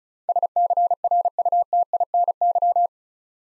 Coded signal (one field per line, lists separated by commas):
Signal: Morse code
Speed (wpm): 36 wpm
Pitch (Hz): 700 Hz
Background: none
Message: SCRUTINY